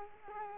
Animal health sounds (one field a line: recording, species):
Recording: mosquito wingbeat signal from an infrared sensor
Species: Culex quinquefasciatus